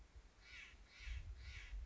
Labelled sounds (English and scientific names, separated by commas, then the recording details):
Steller's Jay (Cyanocitta stelleri)
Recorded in Sonoma County, California